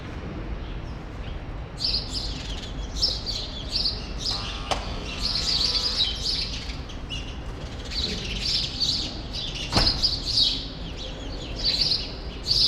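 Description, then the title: Sparrow chatter of sharp repeated chirps starting after a quiet opening, with two brief clicks or knocks heard among the calls. Sparrows still present in the small remaining part of a large grove, Rue Saint-Jean Népomucène, Brussels, Belgium; recorded with Earsight V2 AB microphones into a Zoom F3. "Rue Saint-Jean Népomucène 13, 1000 Bruxelles, Belgique - Sparrows - Moineaux"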